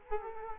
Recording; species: mosquito wingbeat signal from an infrared sensor; Culex quinquefasciatus